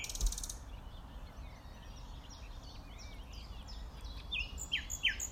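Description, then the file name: Common nightingale song: varied high chirps and whistles, building to loud, rapid downward-sweeping notes repeated near the end, over a steady low rumble. "Luscinia megarhynchos"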